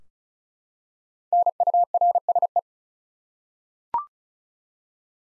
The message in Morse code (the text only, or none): NURSE